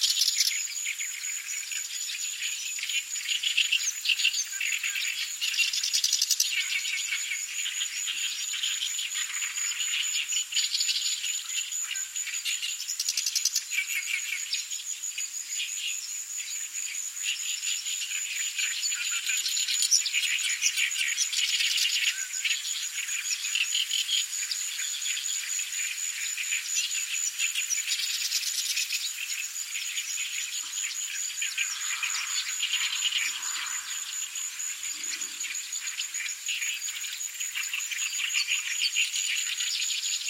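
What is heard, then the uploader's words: Dusk in a small park by a port, filled with a dense, unbroken chorus of insects. A thin, steady high whine runs throughout, with fuller swells of chirring around 6, 13 and 28 seconds. Nothing low breaks the texture. Field Recordings from Japan. This is a recording from a small Park at dusk by Kumamoto Port in 2020 lockdown.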